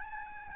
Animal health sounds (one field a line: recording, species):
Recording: mosquito wingbeat signal from an infrared sensor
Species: Aedes albopictus